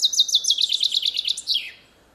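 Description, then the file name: Common chaffinch singing one bright, high phrase: a fast run of repeated notes stepping downward, ending in a quick descending flourish. "Fringilla coelebs"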